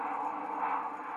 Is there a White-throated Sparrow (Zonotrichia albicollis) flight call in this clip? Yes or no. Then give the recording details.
no. No flight call is heard. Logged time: 11:55 on 5 December 2014